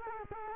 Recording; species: mosquito wingbeat signal from an infrared sensor; Culex quinquefasciatus